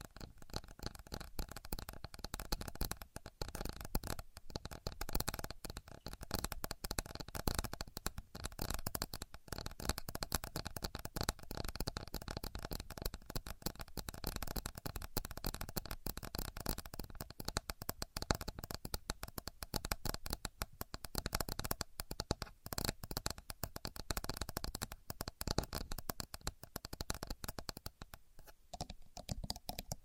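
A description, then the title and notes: A contour gauge's pins clatter and slide in a dense, steady stream of crisp clicking and rattling, with a few brief pauses throughout. Using A Contour Gauge (No Talking).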